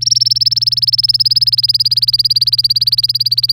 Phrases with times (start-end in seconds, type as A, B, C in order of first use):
0.01-3.52 A